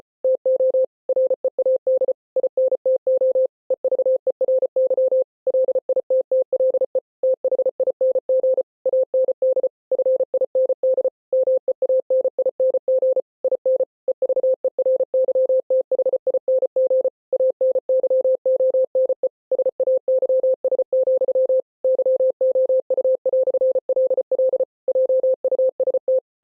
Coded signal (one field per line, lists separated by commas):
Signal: Morse code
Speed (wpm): 33 wpm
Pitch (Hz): 520 Hz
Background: none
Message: TO READ INTO EVERY LITTLE THING AND FIND MEANING IN EVERYTHING ANYONE SAYS, YOU"LL JUST